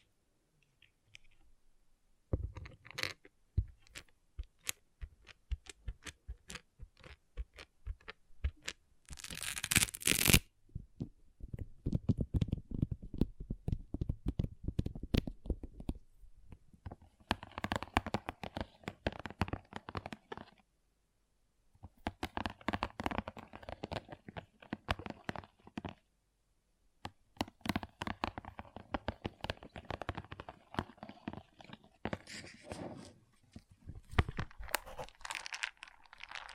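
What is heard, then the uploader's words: Pixel art beads rattle and click in dense, irregular bursts, like small pieces being stirred and sifted. A louder rushing pour comes around the ten-second mark. Brief silences break the activity near 21 and 27 seconds before the clicking resumes. ASMR Relaxing Pixel Art Beads ( No Talking).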